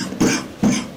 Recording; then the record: coughing mixed with background sound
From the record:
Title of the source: Spring Cold Coughing 3